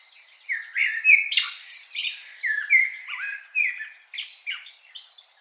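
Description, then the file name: Common blackbird calls: short whistled notes mixed with scratchy squeaks and chirps, in quick bursts. "Turdus merula"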